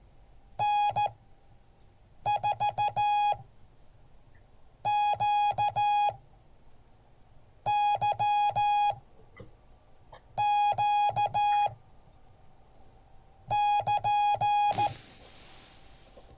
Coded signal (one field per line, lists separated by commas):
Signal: Morse code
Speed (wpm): 14 wpm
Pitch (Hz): 830 Hz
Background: music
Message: N4QYQ<KN>